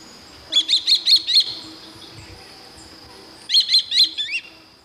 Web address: Natures Songs S America Eastern Lowlands. Elanoides forficatus, flight calls